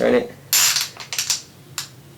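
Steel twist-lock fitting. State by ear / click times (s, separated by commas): seated / 1.8 s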